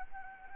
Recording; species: mosquito wingbeat signal from an infrared sensor; Anopheles arabiensis